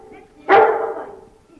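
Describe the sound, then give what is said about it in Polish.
A single loud bark from a purebred German shepherd (Alsatian) dog, with a sharp onset and a rough, harmonic tone that trails off over about half a second. No other sounds around it. “Owczarki alzackie, rasowe, oddam dobre ręce.”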